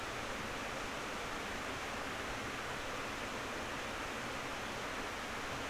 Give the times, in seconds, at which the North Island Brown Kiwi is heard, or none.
none